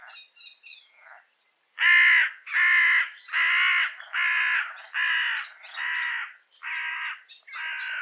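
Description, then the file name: Carrion crow cawing in a steady series of about nine harsh, raspy calls roughly every 0.7 seconds, preceded by softer, higher croaking notes. "Corvus corone"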